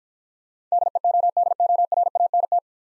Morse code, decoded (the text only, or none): DEODORANT